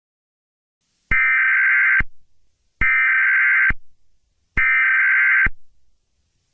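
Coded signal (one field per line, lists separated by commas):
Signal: Emergency Alert System (SAME) tones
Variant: header bursts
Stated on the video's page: Fictional EAS scenario alert.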